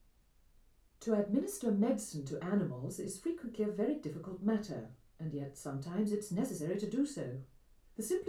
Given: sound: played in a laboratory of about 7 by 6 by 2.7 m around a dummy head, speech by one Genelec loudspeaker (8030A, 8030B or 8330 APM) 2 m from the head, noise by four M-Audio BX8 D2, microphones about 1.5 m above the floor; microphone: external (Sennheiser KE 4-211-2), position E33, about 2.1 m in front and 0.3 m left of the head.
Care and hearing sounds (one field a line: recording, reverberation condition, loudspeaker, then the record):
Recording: female speech in English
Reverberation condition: low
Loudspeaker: 60 degrees to the left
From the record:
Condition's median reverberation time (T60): about 310 ms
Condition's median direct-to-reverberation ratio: about 3.5 dB